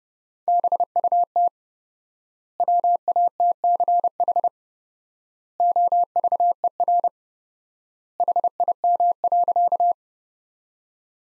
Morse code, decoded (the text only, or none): BUT WATCH OVER HIM.